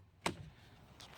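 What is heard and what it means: The blue ratchet release handle on the seat of a 2016 Necky Rip 12 ACS 2.0 kayak is squeezed and pulled down to free the ratchet. A sharp click sounds at 0.3 s, followed by a low rumble as the seat lowers and a faint tick near 1.0 s. The ratchet releases and the seat drops.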